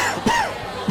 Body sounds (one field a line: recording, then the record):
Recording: coughing mixed with background sound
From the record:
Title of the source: Dry Coughing Fit in the Afternoon.